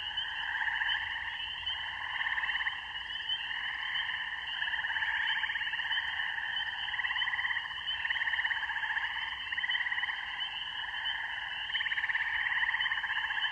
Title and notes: This is the mating song of spring peepers and other frogs (the double-bass GUNG of a bullfrog can be heard near the end) in a rural beaver pond. Recorded by Maria Margaronis. Music for Sleep